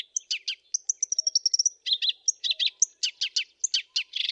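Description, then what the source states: Black-browed reed warbler song: quick harsh chatter, a thin high trill held for about a second, then more grating repeated notes in rapid succession. Masteran training recording of song, made for teaching captive songbirds.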